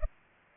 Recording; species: mosquito wingbeat signal from an infrared sensor; Culex pipiens